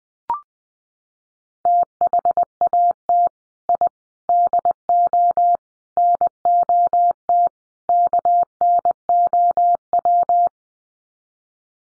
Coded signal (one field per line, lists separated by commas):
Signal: Morse code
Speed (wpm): 20 wpm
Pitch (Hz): 700 Hz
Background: none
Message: THAT I DO NOT KNOW